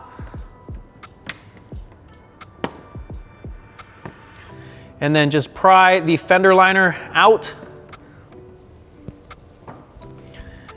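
In the wheel well of a 2022 GR86/BRZ, the centers of the plastic push-pin clips holding the fender liner are pressed in, giving sharp pops at 1.3 s and 2.6 s as the clips release, with fainter ticks in between and after. Someone talks briefly in the middle while music plays.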